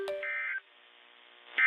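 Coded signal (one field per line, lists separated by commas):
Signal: Emergency Alert System (SAME) tones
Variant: end-of-message bursts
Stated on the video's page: Alerts from NOAA weather radio stations.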